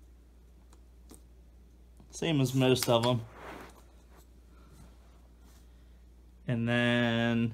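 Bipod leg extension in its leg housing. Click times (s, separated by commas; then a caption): 0.7 s, 1.1 s. A bipod leg extension is adjusted in its leg housing, and its detent clicks into a notch at 0.7 s and 1.1 s, locking the leg into place. Someone talks afterward.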